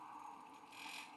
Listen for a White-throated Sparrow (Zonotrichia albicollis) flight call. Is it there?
no